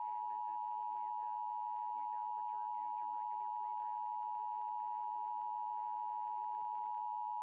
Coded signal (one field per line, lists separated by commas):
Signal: Emergency Alert System (SAME) tones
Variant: 853 and 960 Hz attention tone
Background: speech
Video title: National EAS Test - 11/9/2011 (WCIA-TV, Champaign,, IL)